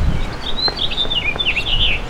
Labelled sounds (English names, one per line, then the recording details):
House Finch song
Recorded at Glen Cove on Long Island, New York, on 14 June 2013
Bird D